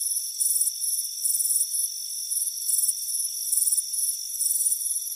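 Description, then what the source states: Cricket: high trilled chirps alternate in louder and softer bursts over a constant high tone. Crickets chirping on a warm afternoon at a front porch.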